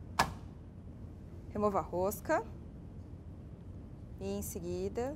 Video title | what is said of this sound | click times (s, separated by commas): Adesivos Estruturais DP's - Hands On IATD University | Coloque o cartucho até ouvir o clique. | 0.2 s